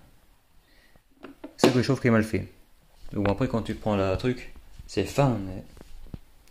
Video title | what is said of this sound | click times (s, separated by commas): vétéran Sherman test et avis plus étanchéité LCD a la fin | plus c'est clipsé. Et hop. | 1.2 s, 1.4 s